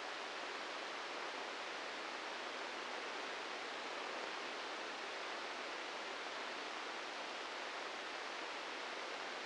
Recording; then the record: brain microelectrode recording played as sound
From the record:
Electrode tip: inside the subthalamic nucleus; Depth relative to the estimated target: 1 mm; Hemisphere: right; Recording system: NeuroSet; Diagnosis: Parkinson's disease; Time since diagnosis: 15 years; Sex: female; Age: 59 years